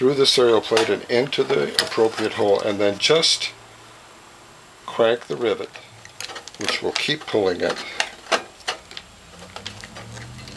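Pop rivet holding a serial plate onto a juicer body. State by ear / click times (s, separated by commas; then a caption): not seated / none. Someone talks while a hand rivet gun is set up with a white pop rivet through the serial plate and into its hole on a Norwalk juicer body, then cranked to pull the rivet. Short sharp clicks from the cranking come between about 8.7 and 9.8 s. Nothing has seated or clicked home yet; the mandrel has not snapped off.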